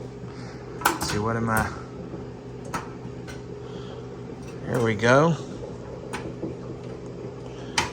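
A Lian Li V3000+ PC case panel is pushed back onto the case frame while someone talks, with a few small knocks and handling noises. At 7.8 s there is one sharp, loud snap as the panel seats into place.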